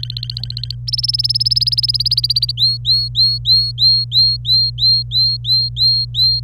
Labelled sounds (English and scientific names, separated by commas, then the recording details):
Domestic Canary (Serinus canaria) song
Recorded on 26 April 2018 at 09:47
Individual llb3